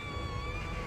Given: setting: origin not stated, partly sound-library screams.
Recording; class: one-second piece from a danger detection set; woman in danger